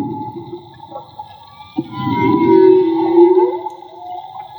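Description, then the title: Whale song phrase: soft low rumble, then a louder swelling groan that settles into a steady tonal moan before fading. Whale song captured with a hydrophone in the Gulf of Tribugá. "CANTO DE BALLENAS CON UN HIDROFONO MAGMA"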